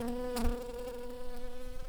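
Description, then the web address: Shrill carder bee buzzing, a steady droning hum with a low fundamental and many stacked overtones, briefly rougher and louder near the half-second mark. Workers. "bumblebees Sylvarum-workers"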